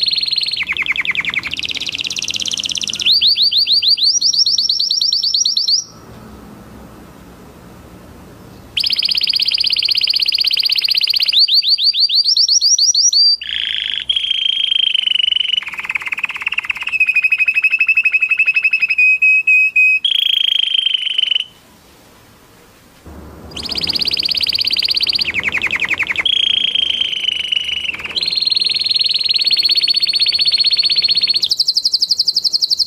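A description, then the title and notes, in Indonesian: A canary sings in long, loud, bright phrases of rapid trills, rolling chirps and sustained whistled notes that shift in pitch from one section to the next. The song runs nearly continuously, broken by two short silences around six and twenty-two seconds. Kenari Oranye.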